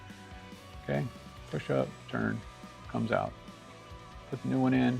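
Someone talks over background music while handling a plastic nozzle insert at a lawn sprinkler head: the old insert is pushed up, turned and removed, and a replacement insert is put in. Nothing has seated or clicked yet; the clip ends before the new insert is turned up into place and locks.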